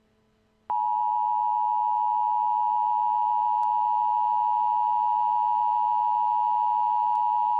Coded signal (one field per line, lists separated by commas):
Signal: Emergency Alert System (SAME) tones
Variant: 853 and 960 Hz attention tone